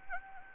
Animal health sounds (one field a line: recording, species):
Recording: mosquito wingbeat signal from an infrared sensor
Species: Anopheles gambiae